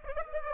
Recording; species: mosquito wingbeat signal from an infrared sensor; Aedes aegypti